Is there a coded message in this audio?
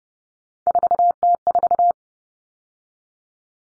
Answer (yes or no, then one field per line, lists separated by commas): yes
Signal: Morse code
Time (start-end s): 0.7-1.9 s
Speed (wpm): 30 wpm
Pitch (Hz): 700 Hz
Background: none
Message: 4T4